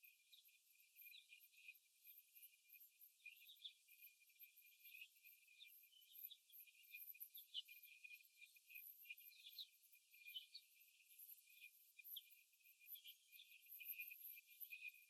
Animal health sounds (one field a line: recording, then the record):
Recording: young laying hens in a cage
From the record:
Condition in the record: after the stressor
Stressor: simulated dog barking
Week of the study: 1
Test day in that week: 2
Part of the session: 3